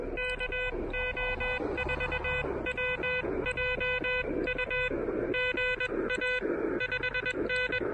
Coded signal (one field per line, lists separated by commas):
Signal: Morse code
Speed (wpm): 21 wpm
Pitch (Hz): 2500 Hz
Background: music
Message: KO4WJU GA 5N